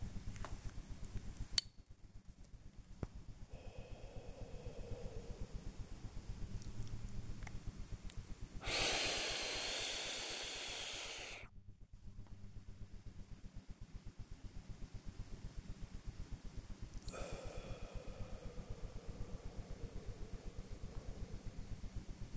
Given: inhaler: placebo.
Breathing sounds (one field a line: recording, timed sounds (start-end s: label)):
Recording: one use of a dry powder inhaler by a smartwatch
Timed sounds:
1.32-1.88 s: inhaler activation
3.42-5.76 s: exhalation
8.55-11.56 s: inhalation
16.98-21.84 s: exhalation